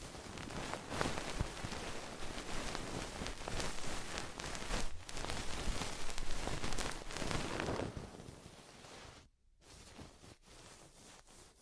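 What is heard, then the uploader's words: Ear cleaning sounds: a dense, crackling scratch and rustle that fills the range from low to bright, rising and falling in strong sweeping bursts. The sound briefly cuts out near the nine-second mark, then returns softer and sparser until the end. ASMR Deep Ear Cleaning Session.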